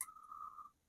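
A small black plastic rocker switch is pressed into its opening in the front panel of a repaired Gateway FX desktop case during reassembly. A sharp, bright click sounds at 0.0 s, followed by a steady thin tone near 1 kHz that fades out by about 0.7 s. The switch snaps in and is seated.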